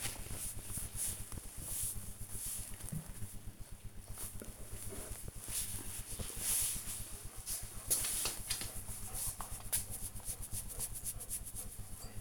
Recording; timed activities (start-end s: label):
household activities, microphone on the right wrist
0.00-12.21 s: pet the dog